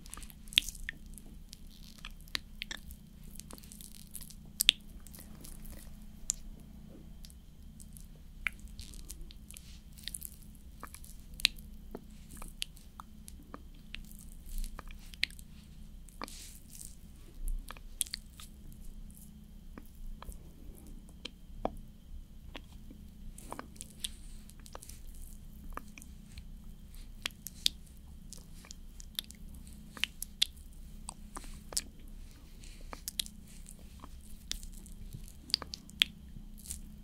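Makeup is applied slowly with personal attention, heard as small wet squishes, taps and sharp clicks arriving irregularly throughout. A steady low hum runs underneath the whole time, and a few louder snaps stand out near 5, 11, 24 and 31 seconds.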